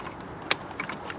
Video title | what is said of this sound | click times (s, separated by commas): BMW GLOW PLUG REMOVAL AND INSTALL PART 6 | Clifton wants to hear that click whoo | 0.5 s